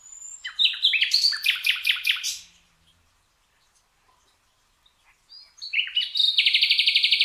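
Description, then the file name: Common nightingale song: a loud series of sharp, rapidly repeated chirping notes, a long silent pause, then a few whistles leading into a fast pulsing trill. "Luscinia megarhynchos"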